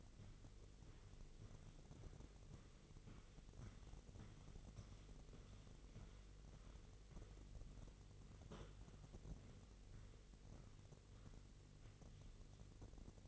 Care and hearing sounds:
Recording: daily activity, microphone in the room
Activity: walk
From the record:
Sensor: 4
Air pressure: 1002.4 hPa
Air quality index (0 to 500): 216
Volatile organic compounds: 12 ppm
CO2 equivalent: 2338 ppm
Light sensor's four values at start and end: 20/71/26/26 and 20/71/26/26

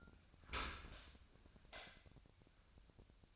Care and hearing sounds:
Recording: daily activity, microphone in the room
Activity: open dishwasher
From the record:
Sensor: 2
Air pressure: 1002.9 hPa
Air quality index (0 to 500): 198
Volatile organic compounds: 6 ppm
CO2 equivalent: 1881 ppm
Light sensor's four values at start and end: 14/33/14/15 and 14/33/14/15

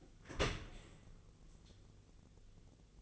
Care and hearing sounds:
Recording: daily activity, microphone in the room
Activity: open dishwasher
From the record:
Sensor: 4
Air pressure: 1001.3 hPa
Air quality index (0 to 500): 181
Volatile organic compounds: 2 ppm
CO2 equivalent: 1293 ppm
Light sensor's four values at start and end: 12/29/12/12 and 12/28/11/12

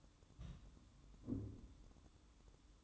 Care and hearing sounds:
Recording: daily activity, microphone in the room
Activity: place on stove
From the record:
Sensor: 3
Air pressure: 1008.1 hPa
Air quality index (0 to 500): 132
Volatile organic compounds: 2 ppm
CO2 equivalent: 1089 ppm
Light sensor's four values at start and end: 8/20/8/8 and 8/20/8/7

